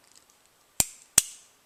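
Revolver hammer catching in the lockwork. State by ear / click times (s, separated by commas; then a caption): seated / 0.8 s, 1.2 s. The steel hammer of a Ruger Blackhawk single-action revolver in .41 Magnum is drawn back, giving two sharp, bright mechanical clicks at 0.8 and 1.2 seconds as it catches at its notches in the lockwork, after a few faint ticks. The hammer ends up locked in the cocked position.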